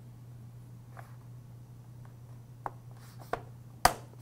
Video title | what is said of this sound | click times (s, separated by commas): System RAM Upgrade - Acer Aspire E15 - $550 Windows Laptop | and we simply run our finger along the edges and you'll hear it snap | 2.7 s, 3.3 s, 3.8 s